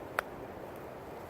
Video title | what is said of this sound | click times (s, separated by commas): Gerber Strongarm Tactical Grey Knife Review (SurvivalGeek) | when it goes into that notch point you hear it click and | 0.2 s